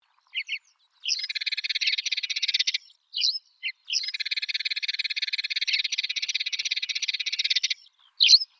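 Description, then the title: Spanish sparrow chatter: long, dense bursts of rapid buzzy chirping, broken by short separate chirps between bursts. Recorded at the Dead Sea; used as a masteran training recording for cage birds. "burung gereja dead sea masteran. Spanish Sparrow (Passer hispaniolensis)"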